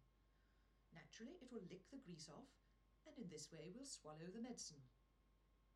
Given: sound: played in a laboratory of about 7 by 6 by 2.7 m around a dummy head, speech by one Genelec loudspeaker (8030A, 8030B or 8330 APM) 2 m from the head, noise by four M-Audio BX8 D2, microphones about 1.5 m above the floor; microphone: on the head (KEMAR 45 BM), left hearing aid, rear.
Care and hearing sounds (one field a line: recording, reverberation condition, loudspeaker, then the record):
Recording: female speech in English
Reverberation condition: low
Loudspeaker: behind (180 degrees)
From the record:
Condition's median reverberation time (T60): about 310 ms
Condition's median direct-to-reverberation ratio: about 3.5 dB